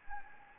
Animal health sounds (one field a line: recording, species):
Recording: mosquito wingbeat signal from an infrared sensor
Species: Anopheles gambiae